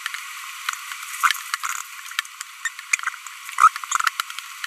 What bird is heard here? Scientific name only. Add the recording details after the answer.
Forpus passerinus. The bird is a female. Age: 25 days. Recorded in a nest box in Venezuela. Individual 17B42B1